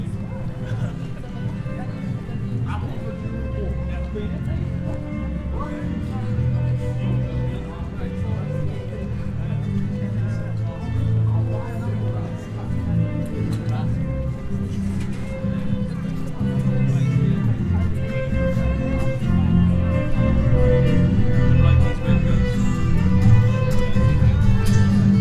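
A steady bustle of crowd chatter and voices continues throughout, with scattered footsteps and faint knocks, the overall murmur growing slightly louder toward the end.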